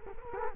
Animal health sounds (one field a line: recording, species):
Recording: mosquito wingbeat signal from an infrared sensor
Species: Culex quinquefasciatus